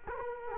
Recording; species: mosquito wingbeat signal from an infrared sensor; Culex quinquefasciatus